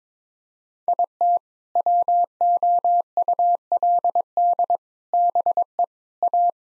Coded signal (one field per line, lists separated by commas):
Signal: Morse code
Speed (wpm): 22 wpm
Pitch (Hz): 700 Hz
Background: none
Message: IT WOULD BE A